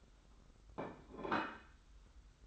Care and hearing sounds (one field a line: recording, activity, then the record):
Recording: daily activity, microphone in the room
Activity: place plate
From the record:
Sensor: 3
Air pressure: 991.7 hPa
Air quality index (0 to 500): 179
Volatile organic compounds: 1000 ppm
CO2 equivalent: 5993 ppm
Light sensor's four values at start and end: 34/97/39/34 and 34/97/39/33